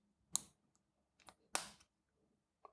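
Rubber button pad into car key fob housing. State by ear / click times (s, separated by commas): seated / 0.3 s, 1.6 s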